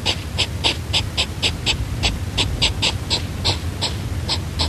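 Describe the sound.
European hedgehog making brisk breathy snorts, around four per second, somewhat uneven in spacing, over low rumbling noise.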